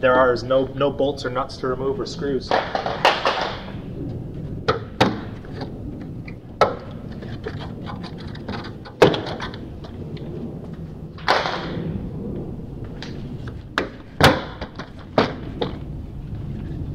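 Plastic interior trim pieces over the HEPA filter housing of a Tesla Model X are pulled up by hand, with no bolts, nuts or screws to remove. Someone talks while sharp pops sound as the trim clips release at 5.0, 6.6, 9.0 and 13.8 seconds. The trim pieces come free.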